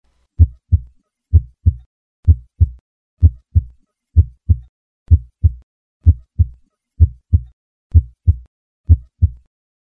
Heartbeat.